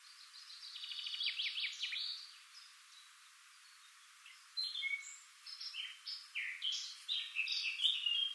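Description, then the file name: Eurasian blackcap song: a fast, scratchy chattering warble of rapid notes for two seconds, a pause, then brighter whistled and twittering phrases returning in bursts. "Sylvia atricapilla"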